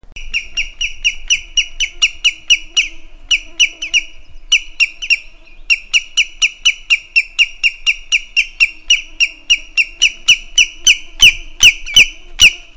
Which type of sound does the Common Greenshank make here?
call